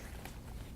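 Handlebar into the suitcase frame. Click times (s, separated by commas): 0.2 s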